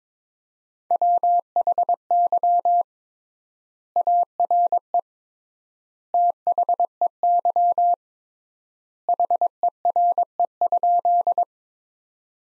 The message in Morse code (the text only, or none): WHY ARE THEY HERE?